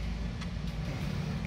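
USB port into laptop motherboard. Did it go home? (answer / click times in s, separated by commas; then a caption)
no / none. A cleaned USB port is set onto a Lenovo laptop motherboard and pressed into place. A steady low hum runs throughout, with a brief faint sound near 1.5 s. Nothing has seated or clicked yet: the two front corner terminals have not gone into their holes.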